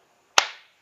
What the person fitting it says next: Hear it locks in, hear that click?